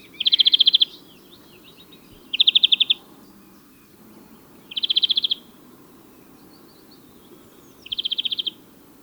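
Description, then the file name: European greenfinch giving four short, rapid, buzzy trills, each under a second long, with pauses of a few seconds between them, over low background noise. "Chloris chloris"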